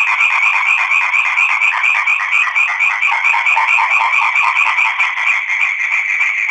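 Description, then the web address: Frog chorus: fast, overlapping, grating croaks pulsing steadily without pause throughout. Crete, 2011–2012. "crete 2011-2012 audio sammakko"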